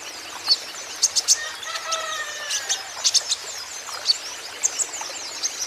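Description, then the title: Van Hasselt's sunbird song, a fast run of thin, very high chirps and short trills in repeated clusters, with a few lower whistled strokes midway. Green-plumaged (ijoan) konin singing steadily and constantly (gacor), used as a lure and therapy for untrained konin, which are sure to answer. "KOLIBRI NINJA KONIN IJOAN GACOR COCOK UNTUK PANCINGAN TERAPI KONIN BAHAN PASTI NYAUT"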